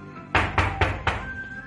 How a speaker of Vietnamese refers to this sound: Ngoài cửa đúng lúc lại vang lên một tiếng gõ cửa.